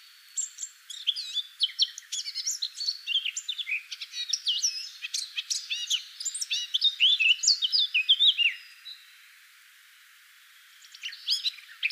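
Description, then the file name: Eurasian blackcap warble of rapid chirps and whistled slurs for about eight and a half seconds, then near silence, with a few notes returning at the end. "Sylvia atricapilla"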